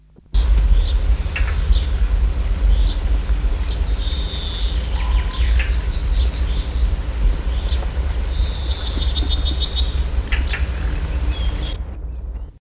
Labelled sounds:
European Roller (Coracias garrulus) call
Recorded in the wild
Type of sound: call
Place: Schützen (Steinhöring), Bayern, DE
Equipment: Halbspur, 9,5 cm/s
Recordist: Lütgens, Hans
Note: Warnruf

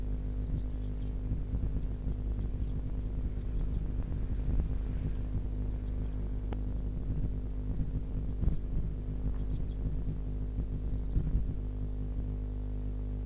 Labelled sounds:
Song Thrush (Turdus philomelos)
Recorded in the wild
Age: adult
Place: Müggelsee, Berlin, DE
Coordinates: 52.43, 13.64
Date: 1990-04-29
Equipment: Uher 4400 Report Monitor, Sennheiser ME 80, K 30 AV
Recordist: Fischer, Stefan

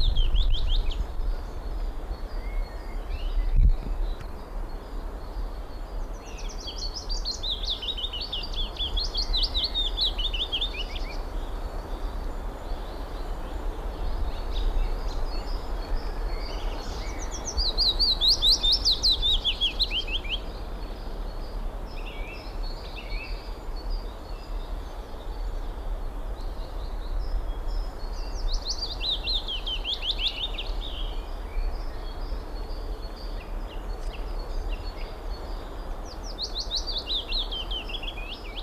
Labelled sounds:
Willow Warbler (Phylloscopus trochilus) song
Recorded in the wild
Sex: male
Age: adult
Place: Summt, Brandenburg, DE
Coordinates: 52.6903, 13.3625
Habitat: garden
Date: 1991-04-13 14:45
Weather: sunny, 18 °C
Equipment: Marantz, Sennheiser ME 80, Kopie Tesla B 116
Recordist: Tembrock, Günter

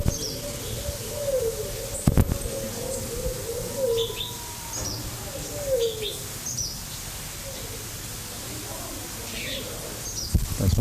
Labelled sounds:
Coroneted Fruit Dove (Ptilinopus coronulatus) call
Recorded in captivity
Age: adult
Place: Zoo Berlin, Berlin, DE
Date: 2005-08-17 12:47
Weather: fair, 18°C
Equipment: Panasonic RQ-2102, Sennheiser ME 80, Kopie Uher 4000 Report Monitor
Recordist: Tembrock, Günter
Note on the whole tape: Lautfolge

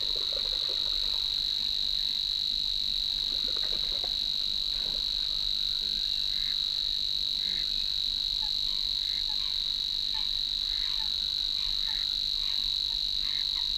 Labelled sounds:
Savi's Warbler (Locustella luscinioides) song
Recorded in the wild
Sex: male
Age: adult
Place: Kützerhof, Kummerower See, Mecklenburg-Vorpommern, DE
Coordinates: 53.8494, 12.8833
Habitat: wetland
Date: 2009-05-07
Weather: cloudy, 10°C, almost no wind
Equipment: Sound Devices 702, Sennheiser MKH 70, Rycote Windschutz
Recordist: Frommolt, Karl-Heinz
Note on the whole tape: Große Rosin: Gesang eines Rohrschwirls. Entfernung ca. 10 m

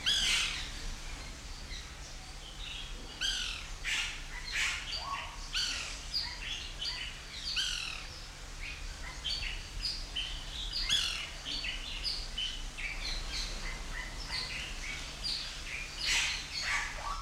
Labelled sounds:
White Woodpecker (Melanerpes candidus) call
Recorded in captivity
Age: adult
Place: Zoo Berlin, Berlin, DE
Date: 1993-01-01
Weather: sonnig, -5°C
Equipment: Marantz CP 430, Sennheiser ME 80, Kopie Uher Variocord 263
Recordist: Tembrock, Günter

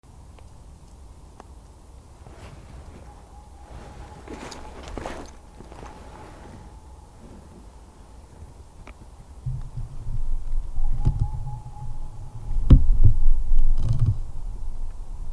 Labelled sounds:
Boreal Owl (Aegolius funereus)
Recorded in the wild
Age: adult
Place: Altsorgefeld, NSG Rochauer Heide, Brandenburg, DE
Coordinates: 51.7853, 13.5408
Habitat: wood
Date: 2007-03-04 19:26
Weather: heiter, 3-4 °C, windstill
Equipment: Sound Devices 702, Sennheiser MKH 70, Windkorb
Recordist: Frommolt, Karl-Heinz
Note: Zwei Rufreihen aus Revier 51

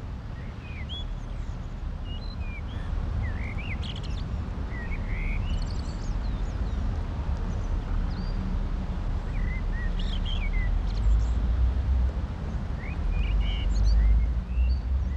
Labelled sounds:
Common Blackbird (Turdus merula) song
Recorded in the wild
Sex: male
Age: adult
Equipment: Uher 4000, Sennheiser MKH 415 T
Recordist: Tretzel, Erwin

